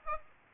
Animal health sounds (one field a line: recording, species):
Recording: mosquito wingbeat signal from an infrared sensor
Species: Aedes aegypti